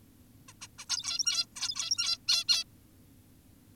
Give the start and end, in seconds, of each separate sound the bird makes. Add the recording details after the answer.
0.48-0.53, 0.62-0.68, 0.79-0.86, 0.89-1.46, 1.56-2.18, 2.28-2.44, 2.48-2.64. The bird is an adult. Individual g17y2U